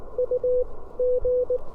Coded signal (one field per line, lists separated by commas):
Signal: Morse code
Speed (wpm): 18 wpm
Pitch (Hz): 500 Hz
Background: none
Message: U G